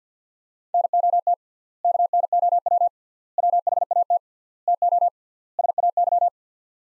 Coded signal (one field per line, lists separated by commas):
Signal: Morse code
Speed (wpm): 50 wpm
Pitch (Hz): 700 Hz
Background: none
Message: NOT KNOW WHAT TO SAY